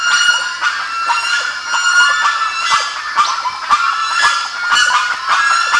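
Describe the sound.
Bird calls from a noisy flock, harsh harmonic notes overlapping continuously, with sharper squeaks breaking through every second or so.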